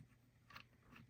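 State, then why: Not seated. Someone tries to get a nut to catch on a plastic motor box part that was not fully seated, making soft scraping and crunching contact noises with brief bursts around 0.5–0.6 s and again near 1.0 s. The nut fails to catch, and nothing has seated or clicked yet.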